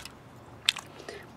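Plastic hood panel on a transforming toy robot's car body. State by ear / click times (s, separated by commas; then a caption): seated / 0.7 s. During a transformation of a Transformers Animated Jazz (TA-29) figure, the plastic bonnet (hood) panel on the toy robot's car body is pushed down until it locks with a sharp, bright click at 0.7 s, a very satisfying click. Fainter plastic ticks and handling noises come before and after it. The bonnet is seated and locked shut.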